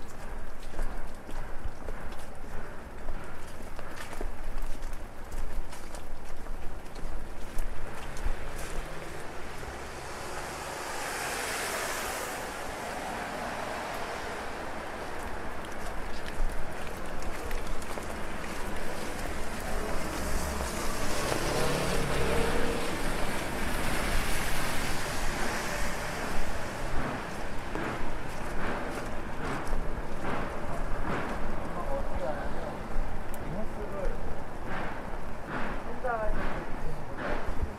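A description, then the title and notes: Rain patters steadily on an umbrella while walking through a busy downtown street at night, a dense wash of fine tapping with sharper drips throughout. Traffic swells twice, around 12 and 24 seconds, like vehicles passing, and faint voices sit underneath. WALKING IN THE RAIN DOWNTOWN KOREA. The gentle pitter-patter of rain drops on your umbrella, combined with the sounds of a busy downtown Korean city at night.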